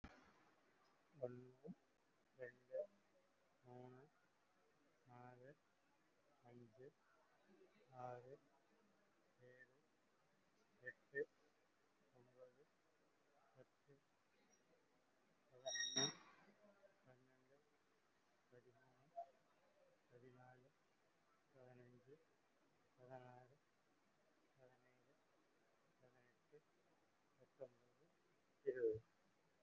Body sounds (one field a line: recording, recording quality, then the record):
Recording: counting at a normal pace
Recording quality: moderate, slight background noise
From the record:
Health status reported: COVID-19 positive, moderate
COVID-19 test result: positive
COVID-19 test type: RT-PCR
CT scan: taken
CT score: 5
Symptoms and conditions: cough, breathing difficulty, fever, fatigue, muscle pain, loss of smell and taste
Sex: male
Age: 56 years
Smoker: no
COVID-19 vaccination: both doses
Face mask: worn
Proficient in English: yes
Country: India